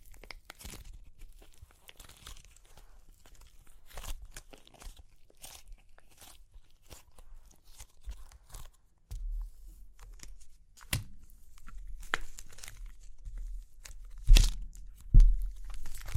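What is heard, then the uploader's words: Super crunchy clay cracking: a run of sharp, dry crunches and snaps, irregular and fairly dense across the whole stretch. A low rumbling thud sits underneath from about nine seconds on, and the loudest cracks land near fourteen and fifteen seconds. Super Crunchy Clay Cracking (No Talking).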